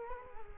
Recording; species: mosquito wingbeat signal from an infrared sensor; Culex quinquefasciatus